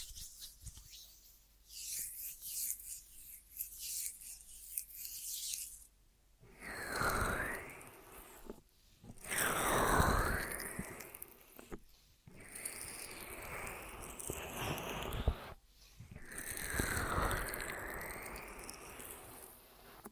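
Ear massage sounds: soft rubbing and scraping strokes that swell and fade in waves, with louder bursts around seven, ten and seventeen seconds. Between them come brief near-silences and lighter, crackly brushing, and the texture stays bright and hissy throughout.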